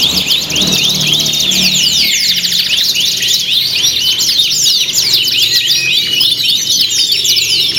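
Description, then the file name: Canaries singing together in a dense chorus of rapid, overlapping high trills and sweeping whistled notes, continuous throughout with no pauses. Simulated canary singing contest with filler (isian) tutor songs, from Om Kicau, uploaded October 2013. "audio-simulasi-lomba-kenari-isian 2-omkicau"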